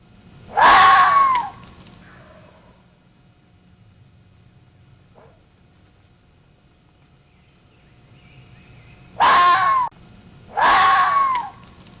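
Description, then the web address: Fox screams: three harsh, hoarse cries with a wavering tone, one early and then two close together near the end, with quiet low hum between. "Odgłos lis"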